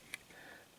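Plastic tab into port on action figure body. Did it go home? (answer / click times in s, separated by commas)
yes / 0.1 s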